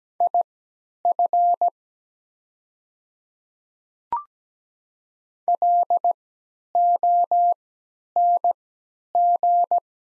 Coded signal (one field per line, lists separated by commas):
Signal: Morse code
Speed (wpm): 17 wpm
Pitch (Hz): 700 Hz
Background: none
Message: IF LONG